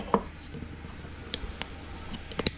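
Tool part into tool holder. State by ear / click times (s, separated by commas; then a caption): not seated / none. A second tool part is put into a tool holder and simply slides down into place. Only a few short handling knocks are heard, near 0.1, 1.3, 1.6, 2.3, 2.4 and 2.5 s, with the loudest at the end. Nothing has clicked or seated with a latch.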